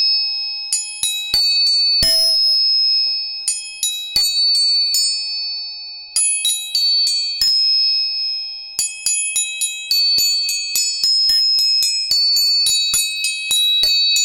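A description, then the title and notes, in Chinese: Tuning forks are struck again and again, each sharp metallic tap leaving a clear, steady high ring that slowly fades. Taps come in quick clusters with short pauses, growing busier after about nine seconds, while several pure tones hum on underneath throughout. 音叉チューニング。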